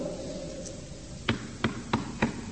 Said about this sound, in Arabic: سمعتوها كم؟ كما راكم سمعتوا هذا الطرق، فرضنا هذا الطرق كان له في الباب، نقول كلنا سمعنا طرقا بالباب.